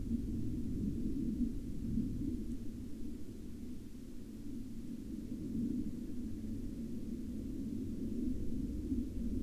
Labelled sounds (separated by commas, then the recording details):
aircraft
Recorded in the Arctic National Wildlife Refuge, Alaska, on 13 May 2019 at 02:13
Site 35